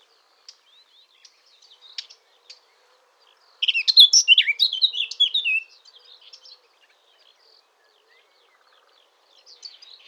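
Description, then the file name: Eurasian blackcap song: a fast, rich warbling burst of about two seconds midway, with scattered soft ticks and faint notes before and after in otherwise quiet surroundings. "Sylvia atricapilla"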